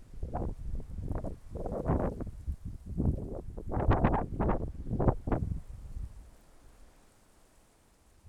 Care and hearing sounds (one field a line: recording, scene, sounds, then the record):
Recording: everyday scene through a hearing-aid microphone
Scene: wind on the microphone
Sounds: wind, traffic, birds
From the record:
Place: suburban garden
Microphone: behind the ear, left, rear